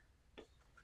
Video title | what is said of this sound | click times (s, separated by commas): LIVE - Framed Gift Box & Card Tutorial 🎁✨ - 12 Days of Christmas Day 9 - Crafty Stamp Co | So, let's put that in there. And it locks. | 0.4 s